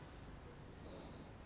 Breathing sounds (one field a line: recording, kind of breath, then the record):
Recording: one breath in and out by a microphone near the nose and mouth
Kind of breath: normal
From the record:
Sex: male